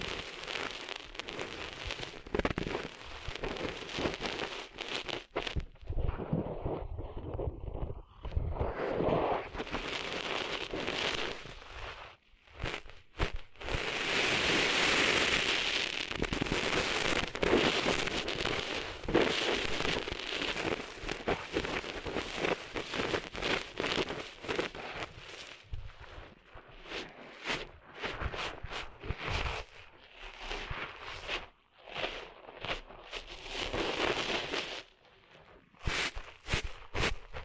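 Sand being cleaned out of an ear makes a dense, gritty crackling and scraping that runs almost without pause. The rasping comes in quick uneven bursts with brief silent gaps, loudest and harshest from about 14 to 20 seconds, then settling into sharp popping clicks.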